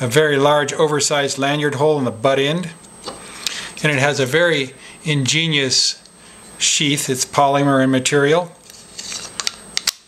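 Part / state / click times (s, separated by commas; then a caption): boot knife into its polymer sheath / seated / 9.8 s, 9.9 s. Someone talks about a Smith & Wesson HRT fixed-blade boot knife with an oversized lanyard hole in the butt end and its polymer sheath, which has built-in retention and no snaps or fasteners. After the talking, a few light taps are heard as the knife is pushed into the sheath. Sharp clicks at 9.8 s and 9.9 s mark the retention snapping over the handle, and the knife is seated.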